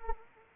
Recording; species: mosquito wingbeat signal from an infrared sensor; Anopheles arabiensis